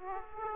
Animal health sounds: mosquito wingbeat signal from an infrared sensor; Aedes aegypti

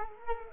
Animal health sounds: mosquito wingbeat signal from an infrared sensor; Culex quinquefasciatus

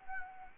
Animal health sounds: mosquito wingbeat signal from an infrared sensor; Anopheles gambiae

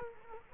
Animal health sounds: mosquito wingbeat signal from an infrared sensor; Culex quinquefasciatus

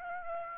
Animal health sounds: mosquito wingbeat signal from an infrared sensor; Aedes aegypti

